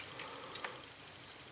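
A plastic motor accessory from the 2022 M.A.S.K. Cliff Dagger accessory pack is held straight and eased into its housing on a toy vehicle. One small, sharp click is heard at 0.6 s over a quiet background, and the part is seated in place.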